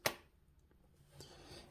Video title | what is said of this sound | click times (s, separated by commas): EDT Ep.193: Hollister Break Line "The Cap" | and then this thing snaps into place | 0.1 s